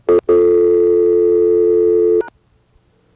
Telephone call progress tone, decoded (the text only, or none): dial tone